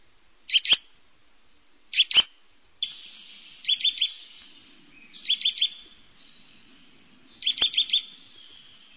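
Eurasian nuthatch song: short bursts of three to five quick, high piping notes, repeated every second or two.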